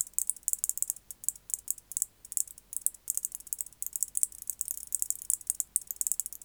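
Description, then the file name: White-faced bush-cricket song: high, hissing rattles broken into quick bursts of sharp ticks, repeated steadily with brief gaps between them. "Decticus albifrons"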